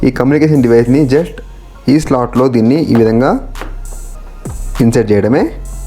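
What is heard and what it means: Someone talks while sliding a plastic BluArmor C30 Bluetooth intercom unit into the slot of the clamp mount on a helmet, with brief handling sounds around 3.6 to 4.5 s. The clip ends before the unit goes home, and nothing has seated or clicked yet.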